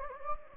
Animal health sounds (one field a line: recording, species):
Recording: mosquito wingbeat signal from an infrared sensor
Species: Anopheles gambiae